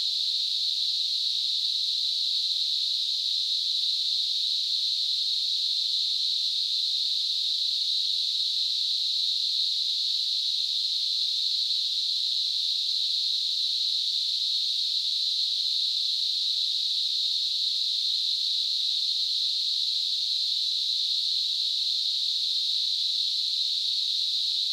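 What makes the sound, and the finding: Synthesized sound. Tinnitus simulation.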